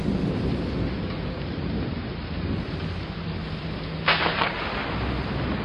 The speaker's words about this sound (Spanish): En adelante se quedó descansando, envuelto en una bata, haciendo poco más que mirar desde su ventana occidental, estremeciéndose cada vez que sonaba un trueno y haciendo extrañas anotaciones en su diario.